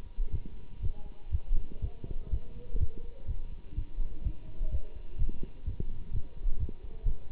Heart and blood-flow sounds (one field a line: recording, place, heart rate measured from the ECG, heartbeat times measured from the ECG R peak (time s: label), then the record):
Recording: heart sounds by stethoscope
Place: between the tricuspid and mitral areas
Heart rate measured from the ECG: 125 bpm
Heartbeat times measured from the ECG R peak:
0.31 s: heartbeat
0.81 s: heartbeat
1.31 s: heartbeat
1.81 s: heartbeat
2.30 s: heartbeat
2.79 s: heartbeat
3.27 s: heartbeat
3.75 s: heartbeat
4.23 s: heartbeat
4.71 s: heartbeat
5.18 s: heartbeat
5.65 s: heartbeat
6.12 s: heartbeat
6.59 s: heartbeat
7.05 s: heartbeat
From the record:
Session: Bruce protocol treadmill stress test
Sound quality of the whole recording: good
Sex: male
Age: 24 years